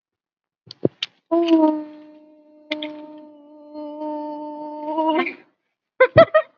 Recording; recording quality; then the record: sustained vowel as in boot; moderate, slight background noise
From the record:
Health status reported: exposed to COVID-19, no respiratory illness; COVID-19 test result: negative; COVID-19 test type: RT-PCR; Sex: female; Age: 23 years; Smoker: no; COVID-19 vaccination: one dose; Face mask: worn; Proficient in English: yes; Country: India